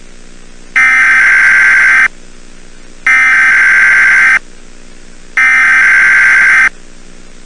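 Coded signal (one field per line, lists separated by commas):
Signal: Emergency Alert System (SAME) tones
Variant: header bursts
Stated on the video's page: Fictional EAS scenario movie, made purely for entertainment.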